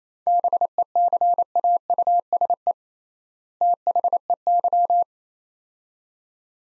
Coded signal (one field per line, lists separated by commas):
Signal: Morse code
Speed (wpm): 27 wpm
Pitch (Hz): 700 Hz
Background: none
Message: BECAUSE THEY